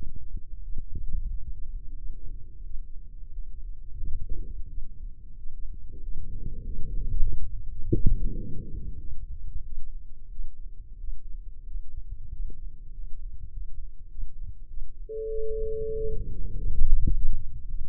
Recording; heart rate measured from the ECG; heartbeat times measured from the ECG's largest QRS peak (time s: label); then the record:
heart sounds by microphone in the left ear; 95 bpm
0.60 s: heartbeat
1.26 s: heartbeat
1.94 s: heartbeat
2.62 s: heartbeat
3.29 s: heartbeat
3.95 s: heartbeat
4.66 s: heartbeat
5.34 s: heartbeat
5.99 s: heartbeat
6.61 s: heartbeat
7.18 s: heartbeat
7.77 s: heartbeat
8.35 s: heartbeat
8.97 s: heartbeat
9.61 s: heartbeat
10.28 s: heartbeat
10.96 s: heartbeat
11.63 s: heartbeat
12.28 s: heartbeat
12.89 s: heartbeat
13.48 s: heartbeat
14.07 s: heartbeat
14.66 s: heartbeat
15.27 s: heartbeat
15.93 s: heartbeat
16.53 s: heartbeat
17.07 s: heartbeat
17.65 s: heartbeat
From the record:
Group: healthy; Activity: rest 0-15 s, breath hold 15-18 s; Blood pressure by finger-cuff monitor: 114/83 mmHg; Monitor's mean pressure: 95 mmHg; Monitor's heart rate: 94 bpm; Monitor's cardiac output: 6.6 L/min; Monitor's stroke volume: 68 mL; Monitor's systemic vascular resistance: 1020 dyn s/cm5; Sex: male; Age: 21 years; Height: 180 cm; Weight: 67.5 kg